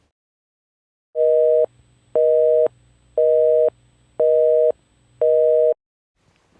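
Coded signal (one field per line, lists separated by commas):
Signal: telephone call progress tone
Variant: North America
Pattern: busy tone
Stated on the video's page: Simulated emergency broadcast system recreation, not a real event; some depicted events are made up.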